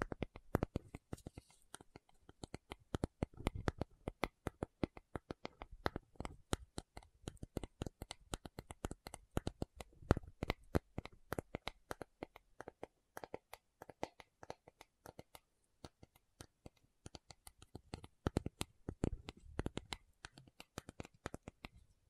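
A tapping session made of quick, crisp taps that come in dense, irregular bursts for the whole stretch. The clicks are sharp and bright, with soft, low thuds and faint scratchy brushing mixed in. There are short pauses near 7, 15 and 17 seconds.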